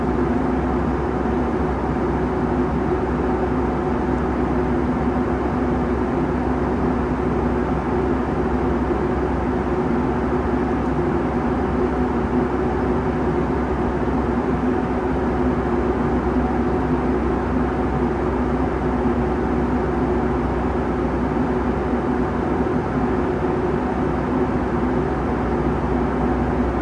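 Steady engine drone inside a Boeing 757 cabin in flight, a dense, unchanging roar weighted toward the low end with a constant hum and faint tonal bands. No announcements or service sounds stand out; the level stays even throughout.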